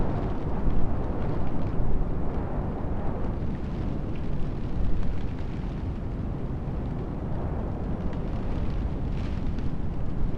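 A stormy night heard from inside a camper: a heavy, unbroken low roar of wind buffets the walls for the whole stretch. Gusts swell slightly around the first and fifth seconds, with a faint airy hiss riding above the deep rumble.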